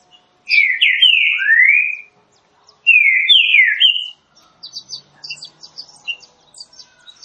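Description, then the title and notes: Green-winged saltator sings two full whistled phrases of slurred notes, then high faint twittering from another bird follows. Classic song style (canto clássico) of the green-winged saltator, presented as a training recording. "Canto Clássico Trinca Ferro TREINAMENTO. trinca fero"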